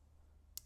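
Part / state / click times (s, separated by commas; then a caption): retaining clip onto lock cylinder plug / seated / 0.6 s. A metal retaining clip is pressed onto the plug of a key-and-thumbturn RB-LOCKS D7R door lock cylinder during assembly. After a low steady hum, a single sharp, bright click sounds at 0.6 s. The clip seats and the cylinder is assembled.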